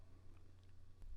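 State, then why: Not seated. Plastic lug bolt covers are being pressed back onto the tightened lug bolts of a Volkswagen Jetta wheel, so they sit all the way in and won't vibrate off. A steady low hum runs under faint handling noises, with a brief soft tap near 1.0 s and a louder rustle at the very end. Nothing has seated or clicked yet.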